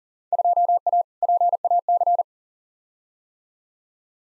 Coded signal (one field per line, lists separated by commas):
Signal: Morse code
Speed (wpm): 40 wpm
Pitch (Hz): 700 Hz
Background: none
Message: 2A PAC